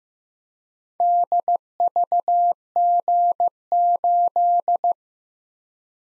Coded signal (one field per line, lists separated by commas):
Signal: Morse code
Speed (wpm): 15 wpm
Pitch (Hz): 700 Hz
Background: none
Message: DVG8